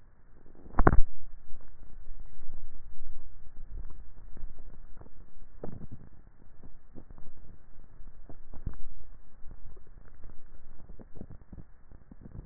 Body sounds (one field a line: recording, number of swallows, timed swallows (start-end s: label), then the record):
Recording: swallowing sounds by neck microphone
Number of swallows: 2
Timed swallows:
3.70-4.47 s: swallow
9.57-10.30 s: swallow
From the record:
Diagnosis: dysphagia